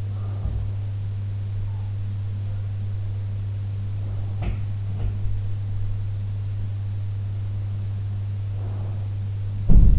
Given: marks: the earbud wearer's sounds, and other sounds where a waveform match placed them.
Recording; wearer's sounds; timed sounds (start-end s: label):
sounds in sleep by an in-ear microphone; breath
0.00-0.84 s: breath
4.36-5.18 s: sound from someone else or the room
8.52-9.30 s: breath
9.56-9.99 s: sound from someone else or the room